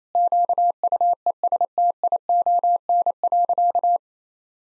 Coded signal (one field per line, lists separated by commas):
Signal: Morse code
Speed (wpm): 27 wpm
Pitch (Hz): 700 Hz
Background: none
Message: QUESTION.